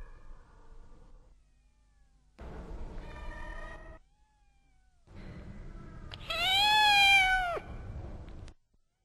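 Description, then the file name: Cat meowing: a short, quiet, low call, then a buzzy mid-pitched meow, and finally a loud, drawn-out wailing meow that rises and falls. "Katten Mjaaaau"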